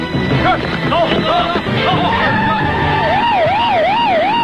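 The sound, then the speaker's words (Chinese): Several police car sirens wail at once, their overlapping tones rising and falling in a steady, looping pattern. The sound stays loud throughout, over a busy rumble of background noise. “大哥，有很多警车，”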